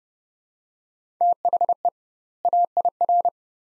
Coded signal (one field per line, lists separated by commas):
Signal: Morse code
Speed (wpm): 29 wpm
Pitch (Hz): 700 Hz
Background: none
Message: THE AIR